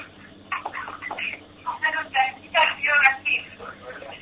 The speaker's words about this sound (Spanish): Sigue hablando por teléfono. Bueno, sigue hablando por teléfono.